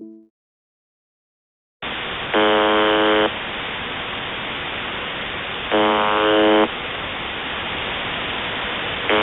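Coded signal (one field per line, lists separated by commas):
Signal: channel marker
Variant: UVB-76 (The Buzzer)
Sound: radio hiss with three harsh, low, one-second buzzes, about every three and a half seconds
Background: radio static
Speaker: If you spend any time looking into internet mysteries, you know what this noise is. UVB-76, or the buzzer. It is a Russian military station that has been broadcasting this exact sound 24 hours a day since the late 1970s.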